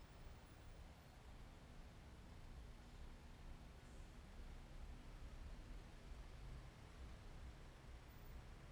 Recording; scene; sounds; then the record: everyday scene through a hearing-aid microphone; in traffic; traffic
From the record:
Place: main road on the outskirts, rush hour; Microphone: behind the ear, left, rear